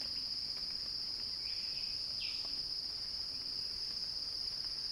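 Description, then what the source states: Cicada song: an even, high continuous buzz, with a short faint chirp in the middle. Cicada song described as a crescendo.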